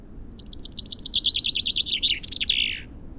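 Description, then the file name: Common chaffinch song: a full phrase of quick repeated notes falling in pitch, building in loudness and closing with a sharp terminal flourish. "Fringilla coelebs"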